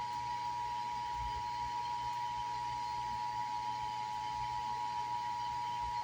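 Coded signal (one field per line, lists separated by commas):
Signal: Emergency Alert System (SAME) tones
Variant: 853 and 960 Hz attention tone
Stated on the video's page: Texas required monthly test as carried on several AM, FM and TV broadcast stations.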